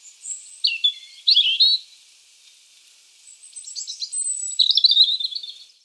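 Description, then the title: European robin singing: a short burst of high squeaky whistles and twittering, then after a pause a longer rambling phrase. "Sylvain Jaskowiak - Mes piafs. Rougegorge familier"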